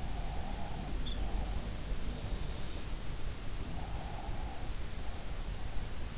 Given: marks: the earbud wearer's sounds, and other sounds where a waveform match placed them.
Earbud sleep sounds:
sounds in sleep by an in-ear microphone; breath, teeth grinding
0.12-1.64 s: breath
1.02-1.19 s: teeth grinding
3.75-4.66 s: breath

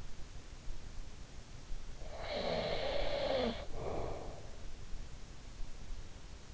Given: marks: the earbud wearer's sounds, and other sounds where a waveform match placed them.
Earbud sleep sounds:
sounds in sleep by an in-ear microphone; snoring breath
1.84-4.90 s: snoring breath

